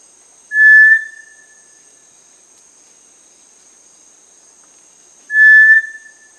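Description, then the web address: Cinereous tinamou whistling two pure, level notes several seconds apart, over a faint steady high hiss. South America. "Natures Songs S America Cinereous Tinamou"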